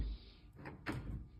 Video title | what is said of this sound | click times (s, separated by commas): The Best Trifold Hard Tonneau Cover For The 2024 Tacoma | it's not latching because you want to adjust | none